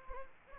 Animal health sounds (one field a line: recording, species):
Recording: mosquito wingbeat signal from an infrared sensor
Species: Anopheles gambiae